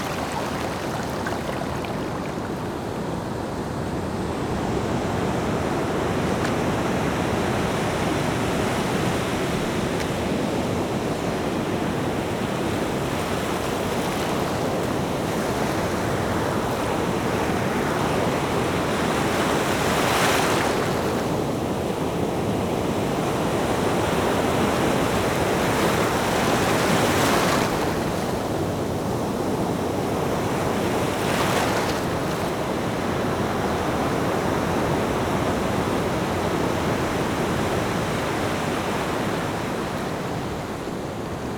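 Waves crash close by in a dense, steady roar of surf that never lets up. Brighter, hissing breakers stand out around 20, 27 and 31 seconds, washing over the constant deep rumble of the water.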